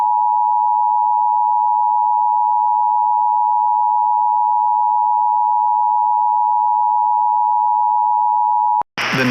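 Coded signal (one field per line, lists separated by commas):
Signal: Emergency Alert System (SAME) tones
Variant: 853 and 960 Hz attention tone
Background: speech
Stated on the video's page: Mock EAS alert made as a challenge submission, built with macros and borrowed assets.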